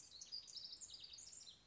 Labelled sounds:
House Wren (Troglodytes aedon)
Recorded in Sonoma County, California

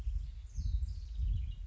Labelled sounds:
House Wren (Troglodytes aedon)
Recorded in Sonoma County, California

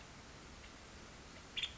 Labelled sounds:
Nuttall's Woodpecker (Dryobates nuttallii)
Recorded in Sonoma County, California

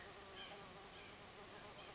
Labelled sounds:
White-breasted Nuthatch (Sitta carolinensis)
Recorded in Sonoma County, California

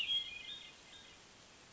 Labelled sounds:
Hermit Thrush (Catharus guttatus)
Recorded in Sonoma County, California

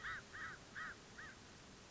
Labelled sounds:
American Crow (Corvus brachyrhynchos)
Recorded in Sonoma County, California

